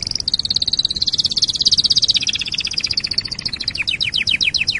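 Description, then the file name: Canary song, a long high rapid trill gently descending, then slowing into spaced downward-slurred notes. "canarysong omkicau"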